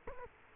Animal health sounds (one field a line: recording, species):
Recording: mosquito wingbeat signal from an infrared sensor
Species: Culex quinquefasciatus